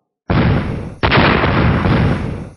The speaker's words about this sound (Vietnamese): Dày đặc tiếng nổ mạnh liên tiếp phát ra, công kích của đám người Tề Thiên Tiêu rõ ràng bị ngăn lại, giống như kim sắc bảo cánh cứng lúc trước vậy.